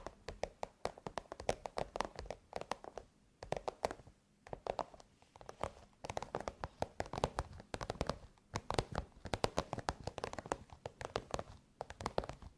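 Rapid tapping runs throughout, sharp clicky strikes coming in quick irregular bursts several times per second. Short pauses break the flurries near four and five seconds, then the dense pattering resumes and continues to the end, with a faint low hum underneath.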